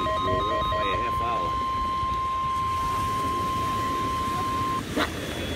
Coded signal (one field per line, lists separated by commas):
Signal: Emergency Alert System (SAME) tones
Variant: 1050 Hz attention tone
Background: speech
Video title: Required Weekly Test (KHB47) (EAS 181)